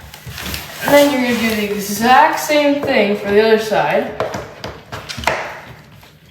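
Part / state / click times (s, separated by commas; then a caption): plastic lever clip onto office chair backrest mechanism / seated / 5.3 s. A plastic lever clip on a La-Z-Boy Calix Executive Office Chair is pushed up onto the other side of the backrest mechanism while someone talks. A sharp, loud click at 5.3 s shows the second clip has seated.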